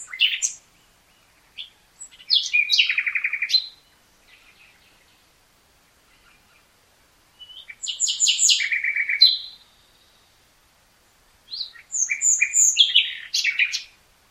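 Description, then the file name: Common nightingale song: varied phrases mixing whistles, sharp notes and buzzy trills, a few soft notes between, pauses of a few seconds. "Luscinia megarhynchos"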